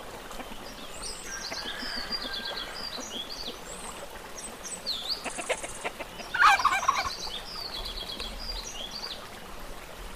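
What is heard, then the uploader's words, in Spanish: A cloud forest soundscape in the Sierra Norte of Oaxaca, Mexico, full of birdsong. Many high, thin chirps and whistled phrases overlap throughout over a steady low rumble. Around six seconds a louder, buzzy call stands out briefly. Paisajes sonoros grabados en un bosque mesófilo de la Sierra Norte de Oaxaca, en México.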